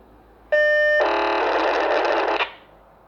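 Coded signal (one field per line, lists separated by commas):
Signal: POCSAG pager data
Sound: a short steady buzzy tone, then a rough rasping burst of data about 1.5 seconds long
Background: radio static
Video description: UPDATED: It’s a Personal Searcher ”sound” you are hearing and a POCSAG broadcasting.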